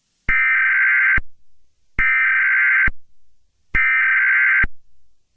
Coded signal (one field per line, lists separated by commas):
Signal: Emergency Alert System (SAME) tones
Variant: header bursts